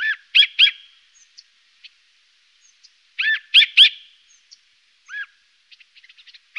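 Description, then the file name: Siberian jay calls: loud downward-arched mewing notes, singly and in threes, with soft short clicks and chips between them. "Lavskrika"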